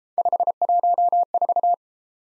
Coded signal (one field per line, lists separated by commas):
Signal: Morse code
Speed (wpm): 29 wpm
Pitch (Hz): 700 Hz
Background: none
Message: 514